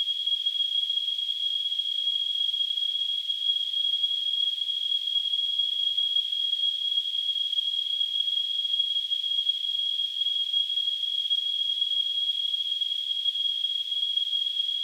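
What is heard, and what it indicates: Simulated tinnitus: a steady, high-pitched pure tone near 3 kHz over a faint high-frequency hiss, unchanging in pitch and loudness throughout, with nothing below about 1.5 kHz.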